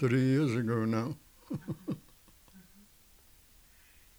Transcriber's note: laughs